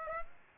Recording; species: mosquito wingbeat signal from an infrared sensor; Aedes aegypti